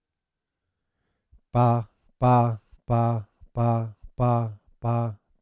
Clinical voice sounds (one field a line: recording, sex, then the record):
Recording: repeated syllable /pa/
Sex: male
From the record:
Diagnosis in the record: Parkinson's disease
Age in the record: 71 years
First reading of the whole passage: 50 s, 10.4 characters per second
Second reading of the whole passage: 45 s, 11.4 characters per second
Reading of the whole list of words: 37 s, 7.6 characters per second